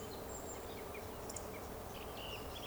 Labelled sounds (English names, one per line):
Eurasian Woodcock whistle